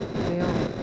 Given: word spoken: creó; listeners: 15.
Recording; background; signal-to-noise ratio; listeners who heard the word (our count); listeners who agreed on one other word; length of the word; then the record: one Spanish word in noise, from a listening test; noise modulated by three-talker babble; -3.5 dB; 1 of 15; 9 of 15; 0.43 s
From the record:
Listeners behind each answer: 9, 5, 1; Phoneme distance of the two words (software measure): 24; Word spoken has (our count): 2 syllables, 4 phonemes, stress on syllable 2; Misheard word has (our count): 2 syllables, 4 phonemes, stress on syllable 2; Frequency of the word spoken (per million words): 22.35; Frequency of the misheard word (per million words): 69.09